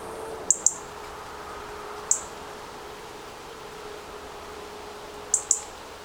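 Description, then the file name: European robin with sparse high ticks: a pair, a lone note, then another pair, over faint background hiss. "Erithacus rubecula"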